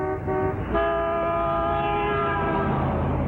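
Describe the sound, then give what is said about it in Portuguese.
The horn of a malfunctioning car honks: a brief blast, a short break, then a long, loud, steady blare that holds for several seconds. No voices are heard. “A única coisa que funciona é a droga da buzina.”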